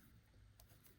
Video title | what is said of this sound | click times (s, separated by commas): How To Thread A Wizard Sewing Machine | push it until it clicks, and | 0.6 s